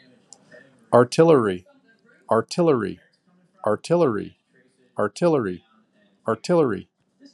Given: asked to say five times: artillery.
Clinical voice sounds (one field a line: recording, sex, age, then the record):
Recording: repeated word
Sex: male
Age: 40 to 49 years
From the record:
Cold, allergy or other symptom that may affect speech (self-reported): no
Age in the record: 43 years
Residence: Virginia, United States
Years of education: 18